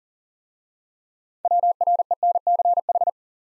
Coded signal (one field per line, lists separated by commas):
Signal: Morse code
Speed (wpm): 42 wpm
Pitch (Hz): 700 Hz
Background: none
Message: WRENCH